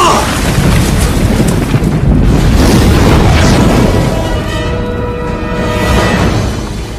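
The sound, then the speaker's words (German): A ship explodes in a loud, deep boom that rolls on as a sustained, rumbling roar for several seconds, with crackling debris and a faint tonal whine emerging as it slowly fades. “Ein paar Minuten später explodierte es.”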